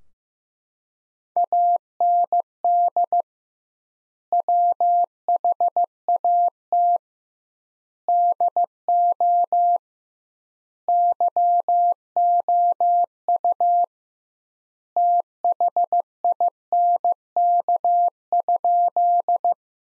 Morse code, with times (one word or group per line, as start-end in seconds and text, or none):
1.4-3.2 AND
4.3-7.0 WHAT
8.1-9.8 DO
10.9-13.8 YOU
15.0-19.5 THINK?